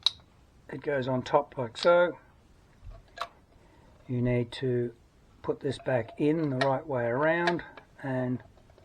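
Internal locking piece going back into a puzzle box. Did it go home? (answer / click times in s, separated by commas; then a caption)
no / none. During reassembly of a puzzle box, someone talks while handling the small internal locking piece, putting it back on top the right way around. There are brief handling ticks at about 0.1 s and 3.2 s between the speech. The clip ends before the piece is pushed down, so nothing has seated or clicked yet.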